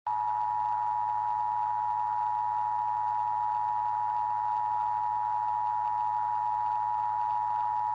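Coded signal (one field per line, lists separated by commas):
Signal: Emergency Alert System (SAME) tones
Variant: 853 and 960 Hz attention tone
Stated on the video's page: Fictional EAS scenario for a horror film, made with EAS software.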